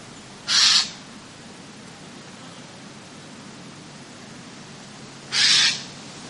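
Eurasian jay giving two harsh, rasping screeches about five seconds apart, each short and noisy, with quiet background hiss between them.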